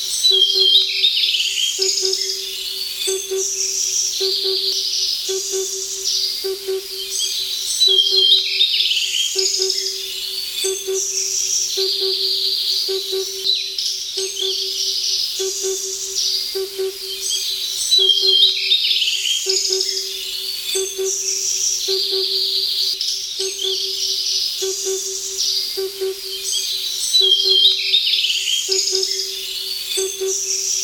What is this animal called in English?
Himalayan Cuckoo